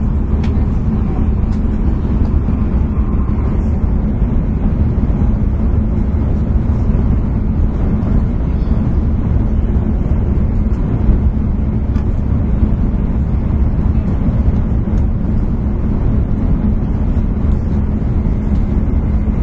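Running noise inside a bullet train on the move, a steady low rumble with a constant droning tone underneath. The level holds even throughout, with faint rattles and brief ticks scattered on top, and no announcements or voices standing out.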